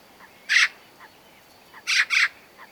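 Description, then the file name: Eurasian magpie calls: one harsh rasping note, then a quick pair of similar grating squawks, with soft faint chirps between them. "Pica pica"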